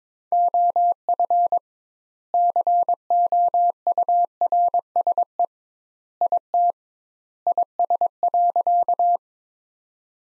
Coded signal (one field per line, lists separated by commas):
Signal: Morse code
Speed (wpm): 22 wpm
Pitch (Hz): 700 Hz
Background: none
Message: OF COURSE IT IS.